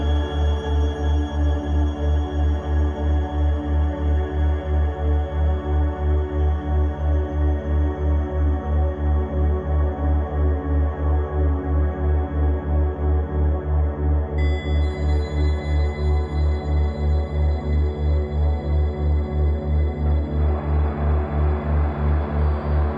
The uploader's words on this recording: Here's a 3 Hz delta brainwave binaural for deep dreaming and sleep. It's based on resonated 96 kHz appliance field recordings. Musically, there's a few simple chords from Boris Kovalev's amazing program Nasca.